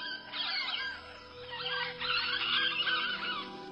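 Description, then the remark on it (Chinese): Shrill, raspy calls of Carolina parakeets, a species extinct since 1918, overlap in a steady, busy chatter, a flock squawking continuously at a fairly even loudness for several seconds with no speech. “卡罗莱纳鹦鹉于1918年灭绝。”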